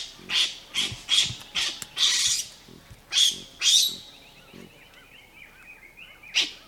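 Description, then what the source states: Baboon screeches: a cluster of harsh, rasping bursts in the first four seconds, then a faint wavering tone and one last screech. Screeches, Africa, 2015.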